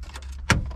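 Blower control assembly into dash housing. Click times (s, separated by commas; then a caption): 0.5 s. A reassembled blower control switch and bracket unit from a 1995 Chevy is pushed back into its plastic mounting in the dash housing. A sharp click is heard at 0.5 s over a steady low hum and faint rustling. The control assembly snaps into place and is seated.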